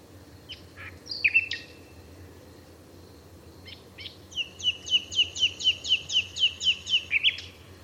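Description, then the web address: Bird song: scattered sharp chirps, then a long, regular string of bright, slurred notes, about four per second, over a low steady hum. "cianscape birddata Deverinetal 2025 File origin Bird Only Lu Me"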